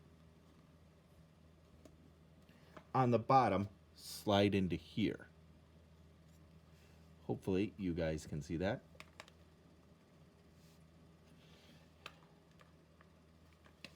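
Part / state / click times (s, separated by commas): plastic part into turret base slot / seated / 12.1 s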